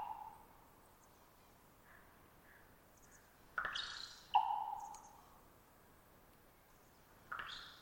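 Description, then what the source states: Common raven giving a tonal note, then abrupt pops and snaps followed by a drawn-out tone, with another pop near the end, over light background hiss. Single raven perched about 50 ft up and some distance away; long trilling twitter before a pop call, sometimes a gulp or beak snap after.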